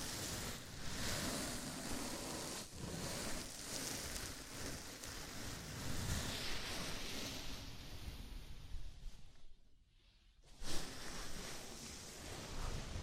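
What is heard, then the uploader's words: A scalp massage produces a dense, steady rustle and crackle of fingers working through hair, spread from low rumble up to bright hiss. The rubbing continues nearly unbroken, pausing briefly around ten seconds before resuming with a sharp scratch and carrying on to the end. ASMR Sleepy Scalp Massage (No Talking).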